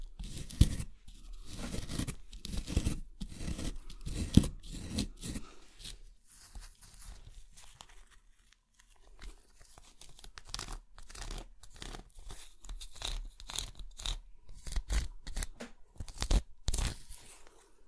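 Digging and scraping with an excavation kit, made of dense bursts of gritty scratching and crunching. The first six seconds are busiest, with sharp strikes near 0.6 and 4.4 seconds. A quieter stretch around 8 seconds gives way to renewed irregular scraping, then a lone click near 16 seconds.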